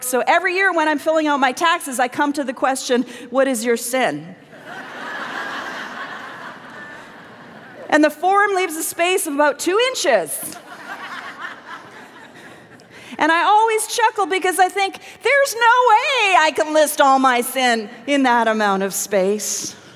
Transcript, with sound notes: So every year when I’m filling out my taxes I come to the question, “What is your SIN?” (laughter) And the form leaves a space of about two inches! I always chuckle, because I think, There’s no way I can list all my sin in that amount of space!